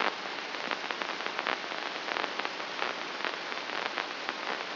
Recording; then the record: brain microelectrode recording played as sound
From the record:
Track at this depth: outside the subthalamic nucleus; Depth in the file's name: 6.629 mm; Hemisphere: left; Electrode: 2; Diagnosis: Parkinson's disease